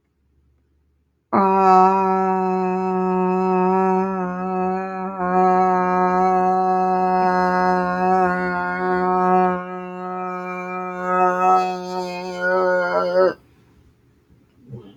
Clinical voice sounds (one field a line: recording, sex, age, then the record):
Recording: vowel held as long as possible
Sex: female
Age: 40 to 49 years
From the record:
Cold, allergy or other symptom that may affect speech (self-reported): no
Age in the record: 47 years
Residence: Kansas, United States